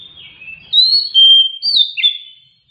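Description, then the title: Oriental magpie-robin singing a rich burst of clear whistles, some long and steady, others swooping sharply down, in a quick sequence. Kacer in an aggressive, persistent 'full tembakan' fighting song ('tarung', 'ngotot'), used to provoke a reluctant, quiet kacer into responding and singing energetically ('gacor'). "Kacer Langsung Tarung Konslet KACER NGOTOT FULL TEMBAKAN. Pancing 30 DETIK SAJA Kacer MALES BUNYI jadi RESPON GACOR Dengan Ocehan Kacer GACOR pedas"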